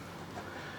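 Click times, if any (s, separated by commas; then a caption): none. The third-row seat of a Toyota Noah/Voxy minivan is folded back up toward the upright position and pushed so its metal latch can lock into the floor mount. A steady, broadband rumble runs throughout with no sharp transients. Nothing has seated or clicked yet.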